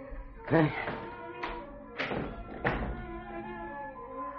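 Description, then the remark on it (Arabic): A door is bolted shut with a series of four sharp metallic clunks and taps spread over a few seconds, with faint voice sounds around them. “تربس الباب كويس.”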